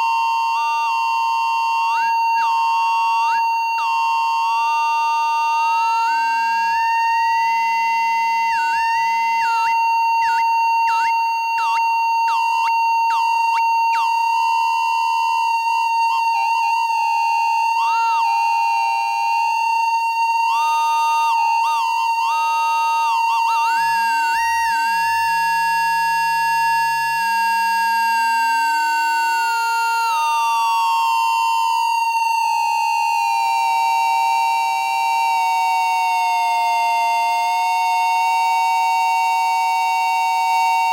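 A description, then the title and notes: Internal feedback tones squeal, glide and stutter over a constant high drone, with rapid flickering bursts early and slow sweeping pitches later. Study for No-Input Mixer #4 (2023)- one voice. This piece was recorded on July 5, 2023 at Studio kHz. I used only 1 channel without input with internal audio feedback and a constant high drone as a background, controlled by faders and knobs with amazing resolution.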